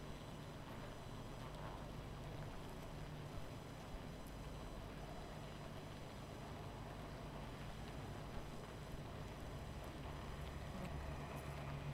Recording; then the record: honeybee colony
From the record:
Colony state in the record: missing queen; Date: 14 July 2017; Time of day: 20:49